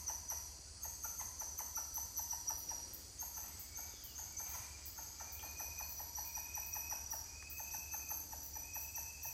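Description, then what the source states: Titi monkeys giving rapid pulsed calls that run on steadily, with insect trills and a few higher whistled notes in the background. More than one titi monkey calling.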